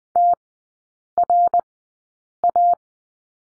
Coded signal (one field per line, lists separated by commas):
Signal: Morse code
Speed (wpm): 20 wpm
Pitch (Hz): 700 Hz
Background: none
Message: TRA